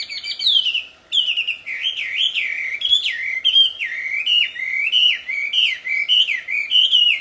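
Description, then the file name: Chinese hwamei delivering a chain of bright, wavering whistles, each phrase dipping and rising. Wild bird singing in the wild. "audio-kicauan-burung-hwamei-di-alam-liar -omkicau"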